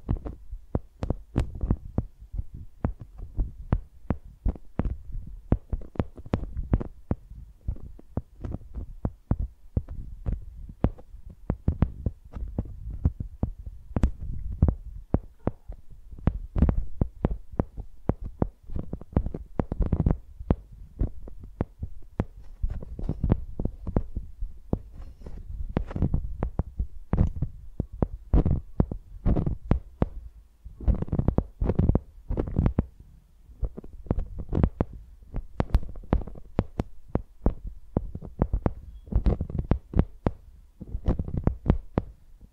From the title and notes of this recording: Using Mics as Pencils (No Talking).